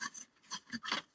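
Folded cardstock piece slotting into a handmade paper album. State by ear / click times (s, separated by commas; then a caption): not seated / none. A folded kraft cardstock piece of a handmade paper album is handled and pressed toward its slot, making a series of short dry rubbing, rasping scrapes of paper against paper. The loudest scrape comes near the end, around 0.9 to 1.0 s. The piece has not clicked into place or seated yet.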